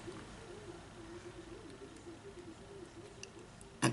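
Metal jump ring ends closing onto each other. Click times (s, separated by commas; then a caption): 3.2 s. The two ends of an open metal jump ring are pushed past each other and brought back until they meet end to end, closing onto each other. Against a quiet background with a low steady hum, a faint sharp click sounds at 3.2 s, followed by a softer tick and a louder brief knock near the end. The ring ends seat together with a click.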